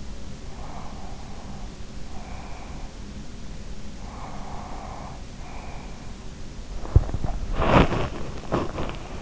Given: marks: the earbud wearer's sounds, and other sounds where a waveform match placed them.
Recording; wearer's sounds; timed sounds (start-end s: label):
sounds in sleep by an in-ear microphone; breath, body movement
0.47-3.07 s: breath
3.91-6.07 s: breath
6.79-9.22 s: body movement